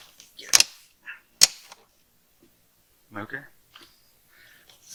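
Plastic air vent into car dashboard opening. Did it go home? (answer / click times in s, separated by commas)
yes / 0.6 s, 1.4 s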